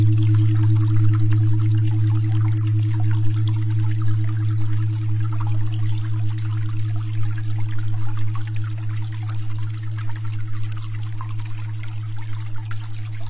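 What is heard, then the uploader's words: A steady, unchanging low tone near 210.42 Hz hums throughout, with a strong deeper drone beneath it. Over the top runs a dense trickling and splashing, like poured water, which eases slightly toward the end. 210.42 Hz.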